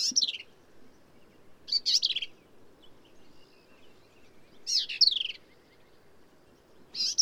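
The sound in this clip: Black-capped vireo song: four short bursts of rapid, jumbled, slurred notes, spaced about two to three seconds apart.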